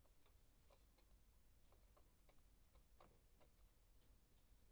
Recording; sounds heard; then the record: poultry house recording; no chicken sound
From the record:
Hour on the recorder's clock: 0